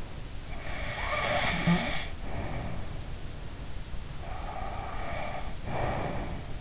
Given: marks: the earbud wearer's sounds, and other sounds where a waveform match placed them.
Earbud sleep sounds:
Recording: sounds in sleep by an in-ear microphone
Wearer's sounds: snoring breath, breath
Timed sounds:
0.33-3.06 s: snoring breath
4.17-6.61 s: breath

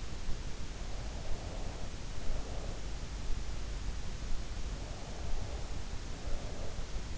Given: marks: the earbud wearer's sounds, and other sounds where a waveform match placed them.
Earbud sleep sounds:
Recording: sounds in sleep by an in-ear microphone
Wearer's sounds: breath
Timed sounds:
0.86-3.18 s: breath
4.66-6.98 s: breath

